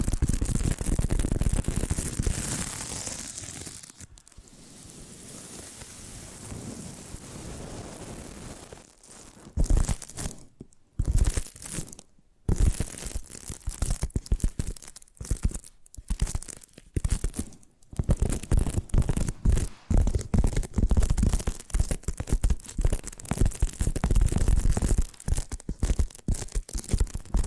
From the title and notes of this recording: ASMR 10 Addictive Tapping Triggers to Wake Up Your Tingles! (No Talking).